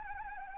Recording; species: mosquito wingbeat signal from an infrared sensor; Anopheles arabiensis